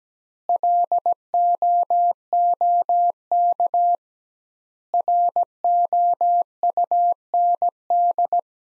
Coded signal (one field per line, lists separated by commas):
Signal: Morse code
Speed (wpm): 17 wpm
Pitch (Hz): 700 Hz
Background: none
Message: LOOK ROUND